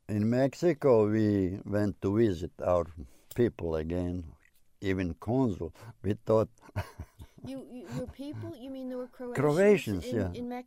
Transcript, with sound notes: In Mexico, we went to visit our people again, even consul. We thought... (he laughs)
Your people? You mean there were Croatians in Mexico?